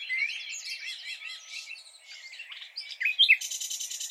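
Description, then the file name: Common nightingale song: a busy tangle of chirps and slurred whistles, a few sharp notes, then a fast dry rattle to the end. "Luscinia megarhynchos"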